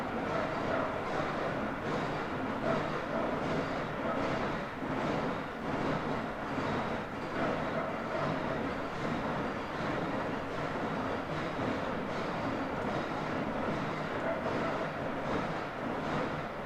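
Distant machines rumble through demolition and renovation work, a thick, unbroken wash of grinding noise that fills everything from low rumble to hiss. The level holds steady for the whole stretch, with only slight swells and a faint whining tone drifting in and out.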